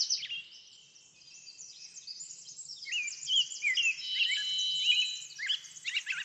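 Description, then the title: Birds twittering and whistling in an overlapping chorus that grows busier in the second half, with sweeping high notes. Backyard. "Backyard Birds - Ambient Nature Bird Sounds"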